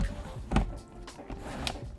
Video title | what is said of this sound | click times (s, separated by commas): Godox AD300Pro Portable Outdoor TTL Flash Strobe Unboxing & Review | you go and that locks into place | 1.7 s